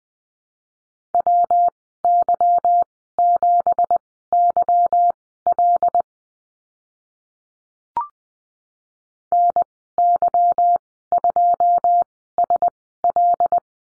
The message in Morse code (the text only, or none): WY7YL NY2SL